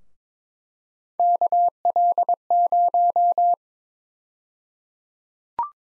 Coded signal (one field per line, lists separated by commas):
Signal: Morse code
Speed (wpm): 22 wpm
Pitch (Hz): 700 Hz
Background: none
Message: KL0